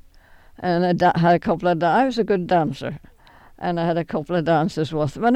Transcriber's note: none